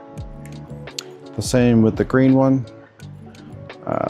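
On a Lectric XP4, a display wiring connector is lined up with its mating cable connector by their arrows and pushed together, with a sharp, very short click at 1.0 s as it seats. Someone talks afterward over background music.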